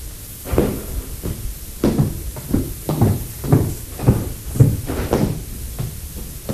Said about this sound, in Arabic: شكون كيطرق الباب؟